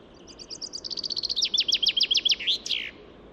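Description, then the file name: Common chaffinch singing one full phrase: soft opening notes, a rapid descending trill of sharp strokes, then a brief buzzy terminal flourish. "Fringilla coelebs"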